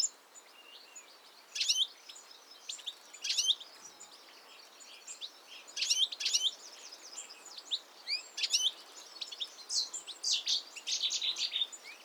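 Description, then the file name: European goldfinch calls, a busy twittering of sharp, high chirps and tinkling notes in bursts throughout. "Carduelis carduelis"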